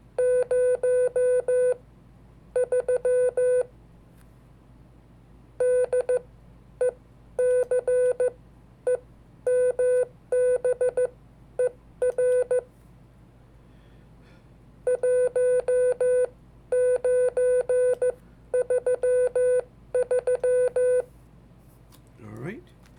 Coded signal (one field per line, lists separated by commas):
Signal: Morse code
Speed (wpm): 14 wpm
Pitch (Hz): 500 Hz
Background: speech, music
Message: 03 DECEMBER 1933